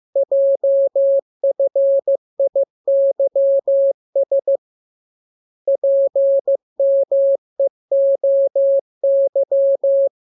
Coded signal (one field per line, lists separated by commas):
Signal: Morse code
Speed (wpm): 15 wpm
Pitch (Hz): 550 Hz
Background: none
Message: JFIYS PMEOY